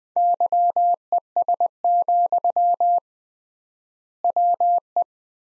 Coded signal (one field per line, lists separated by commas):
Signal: Morse code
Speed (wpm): 20 wpm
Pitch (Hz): 700 Hz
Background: none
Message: YES, WE